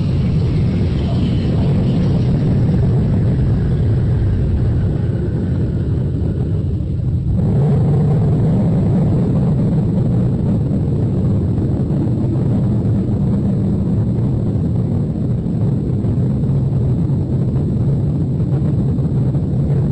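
Loud, steady airplane engine roar during landing, a deep continuous rumble with a brief shift in tone partway through, then the low drone carries on without letup.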